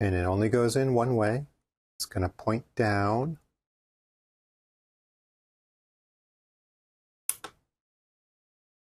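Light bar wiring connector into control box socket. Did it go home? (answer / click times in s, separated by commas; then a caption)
yes / 7.3 s. Someone talks for about the first 3.5 seconds, followed by silence. The keyed lighting connector from the light bar is then pushed, pointing down, into its mating socket on a Crystal Bed control box (2025 version 2), and it clicks at 7.3 s with a small follow-up tick. The connector is latched and seated.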